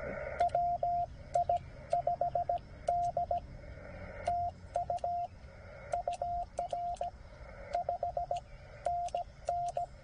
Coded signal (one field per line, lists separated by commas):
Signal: Morse code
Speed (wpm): 17 wpm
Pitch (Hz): 690 Hz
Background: radio noise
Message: WI5D TU UR 5NN